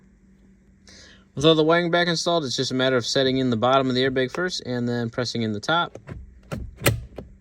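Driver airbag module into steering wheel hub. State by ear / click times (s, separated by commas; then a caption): seated / 6.9 s. Someone talks as a driver airbag module is fitted into a Bronco steering wheel hub after its wiring is reconnected, with the bottom of the module set in first and then the top pressed in. After the talking, a few sharp short knocks follow, and the loudest, sharpest one at 6.9 s is the module locking into place, seated.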